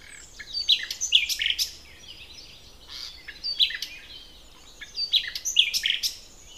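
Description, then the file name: Common nightingale singing three separate phrases of rapid high notes and chirps, with short pauses between them. "Luscinia megarhynchos"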